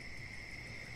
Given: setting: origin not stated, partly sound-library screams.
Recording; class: one-second piece from a danger detection set; normal situation